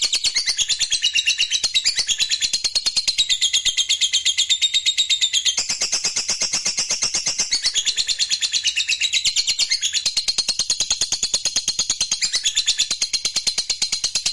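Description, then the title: Lovebird sounding a long, piercing trill of rapid pulses, carried on without pause. Fighter lovebird giving a long ngekek trill. "Begitu Dengar Suara Lovebird FIGHTER NGEKEK PANJANG"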